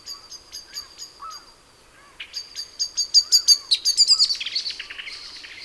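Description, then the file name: Common blackbird calls: sharp, high metallic notes repeated quickly, then a louder burst of excited chattering and chinking notes that tails off. "Turdus merula"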